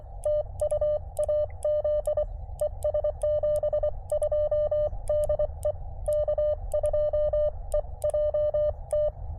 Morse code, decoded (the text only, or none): TU AZ ES 72 DE K2EJT